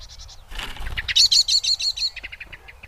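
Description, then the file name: Eurasian blackbird calling, a run of rapid high chinking notes in a burst, preceded and followed by quieter repeated ticks, with a brief low rustle. "Turdus merula"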